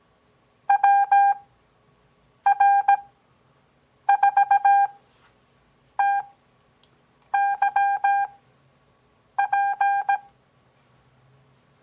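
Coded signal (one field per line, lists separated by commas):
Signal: Morse code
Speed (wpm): 17 wpm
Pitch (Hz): 800 Hz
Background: none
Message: WR4TYP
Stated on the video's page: Morse copying practice as a mock contact between two fictitious stations, at Farnsworth speed of 6 WPM with 17 WPM character speed.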